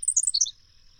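Bird song: one quick high phrase of bright chirping notes stepping downward, under half a second long, over a steady thin high hum.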